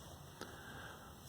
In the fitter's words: it has a easily snap in and remove